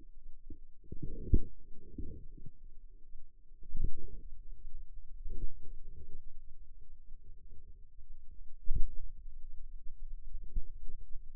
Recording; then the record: forearm muscle sounds (acoustic myography)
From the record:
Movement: pen grasping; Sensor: system 2, bracelet of six BSWA MPA416 microphones around the upper forearm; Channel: 2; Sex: female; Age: 23 years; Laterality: right